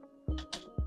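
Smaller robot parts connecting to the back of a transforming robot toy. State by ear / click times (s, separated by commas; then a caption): seated / 0.5 s. After some panel massaging, the plastic parts of a smaller robot are pushed into the right spot on the back of a transforming robot toy. Low thumps at 0.3 s and 0.8 s surround a sharp plastic click at 0.5 s, when the panel locks in place.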